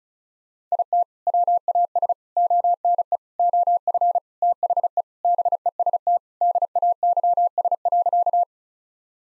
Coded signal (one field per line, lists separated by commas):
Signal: Morse code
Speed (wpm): 36 wpm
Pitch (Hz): 700 Hz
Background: none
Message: IT WAS ONE OF THE BEST DAYS.